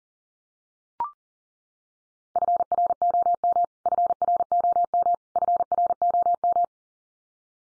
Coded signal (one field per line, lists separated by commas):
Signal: Morse code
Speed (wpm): 40 wpm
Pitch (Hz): 700 Hz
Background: none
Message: FROM FROM FROM